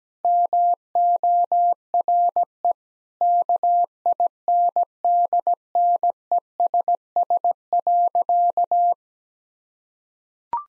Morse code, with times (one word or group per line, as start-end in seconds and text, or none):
0.2-2.7 MORE
3.2-8.9 KINDNESS.